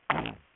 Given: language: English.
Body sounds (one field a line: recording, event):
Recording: throat vibration sensor signal played as sound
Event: throat clearing